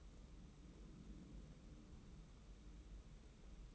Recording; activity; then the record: daily activity, microphone in the room; take from stove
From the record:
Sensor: 1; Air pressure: 994.5 hPa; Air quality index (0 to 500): 230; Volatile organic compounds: 1000 ppm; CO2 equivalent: 8305 ppm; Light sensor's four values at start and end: 143/327/146/160 and 143/328/146/160